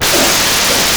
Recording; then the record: coughing mixed with background sound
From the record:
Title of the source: Residual Phlegmy Morning Coughing and Gagging